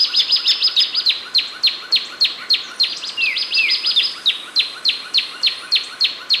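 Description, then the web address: Sepia-brown wren delivering a rapid, fairly regular run of sharp down-slurred chip notes, with a couple of brief slurred whistles mixed in. Recorded in Ecuador. "Natures Songs S America Birds of Ecuador Sepia-brown Wren"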